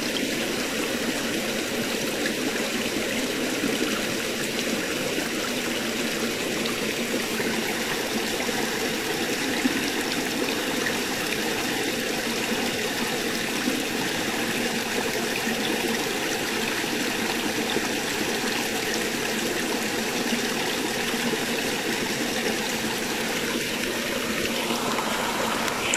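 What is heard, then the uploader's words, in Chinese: Lake water at Rotoroa laps and trickles in a steady, dense wash that stays even throughout, with a faint low tone underneath. 罗托罗阿湖水的声音，塔斯曼，新西兰。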